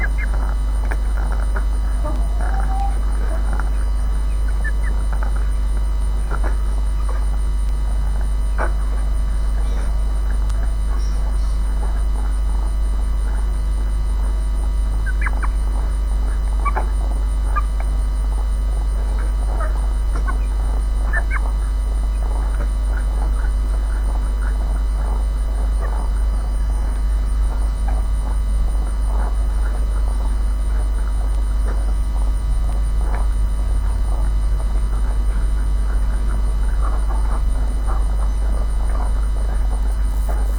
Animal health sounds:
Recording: poultry house recording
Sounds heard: sick chickens (respiratory disease)

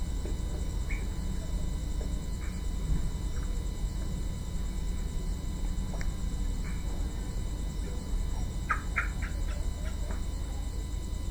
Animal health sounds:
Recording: poultry house recording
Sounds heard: healthy chickens

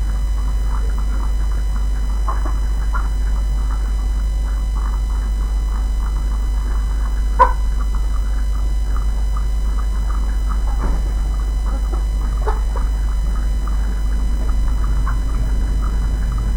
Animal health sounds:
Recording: poultry house recording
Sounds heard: sick chickens (respiratory disease)

